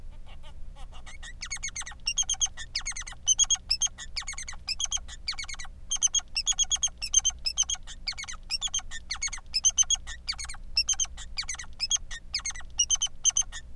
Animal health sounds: song of a male Bengalese finch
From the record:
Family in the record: son of father 3

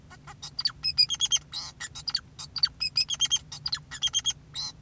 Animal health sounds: song of a male Bengalese finch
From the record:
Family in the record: son of father 2, and himself father 4

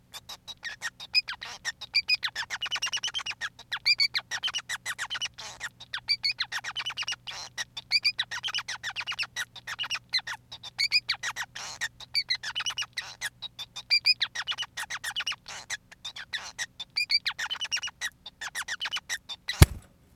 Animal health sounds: song of a male Bengalese finch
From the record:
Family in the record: son of father 5

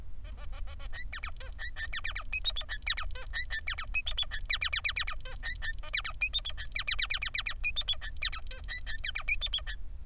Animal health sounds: song of a male Bengalese finch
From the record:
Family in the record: son of father 3

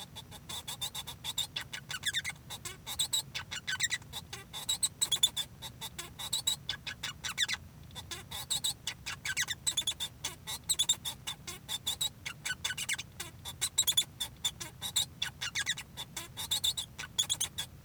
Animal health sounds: song of a male Bengalese finch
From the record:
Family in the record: son of father 1

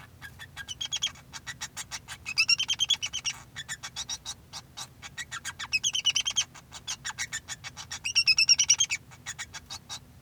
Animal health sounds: song of a male Bengalese finch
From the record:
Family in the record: son of father 2

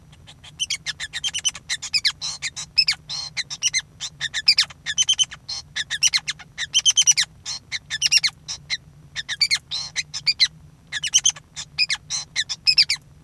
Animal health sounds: song of a male Bengalese finch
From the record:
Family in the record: son of father 5

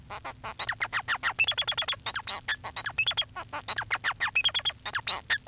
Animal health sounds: song of a male Bengalese finch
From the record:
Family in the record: son of father 4

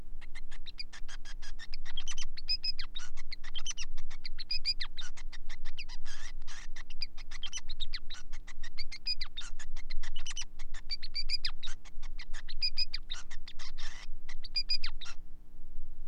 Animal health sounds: song of a male Bengalese finch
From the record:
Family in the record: son of father 5

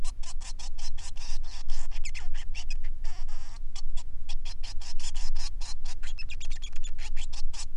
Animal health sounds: song of a male Bengalese finch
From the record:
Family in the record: son of father 3

